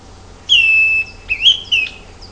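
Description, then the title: Greenish schiffornis whistled song: one long note, then a brief upslurred whistle and a quick falling note. "LuckyPassaro Completos2Sama. Greenish Schiffornis (Schiffornis virescens)"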